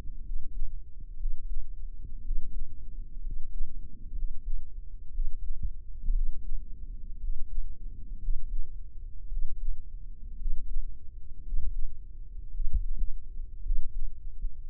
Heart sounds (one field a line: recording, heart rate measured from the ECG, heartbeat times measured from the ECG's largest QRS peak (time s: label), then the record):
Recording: heart sounds by microphone in the right ear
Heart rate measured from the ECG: 58 bpm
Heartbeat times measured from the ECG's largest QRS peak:
0.19 s: heartbeat
1.14 s: heartbeat
2.19 s: heartbeat
3.18 s: heartbeat
4.10 s: heartbeat
5.08 s: heartbeat
6.09 s: heartbeat
7.16 s: heartbeat
8.16 s: heartbeat
9.25 s: heartbeat
10.34 s: heartbeat
11.40 s: heartbeat
12.48 s: heartbeat
13.59 s: heartbeat
14.69 s: heartbeat
From the record:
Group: healthy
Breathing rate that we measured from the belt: 15 breaths a minute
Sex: male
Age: 23 years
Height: 178 cm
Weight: 96.6 kg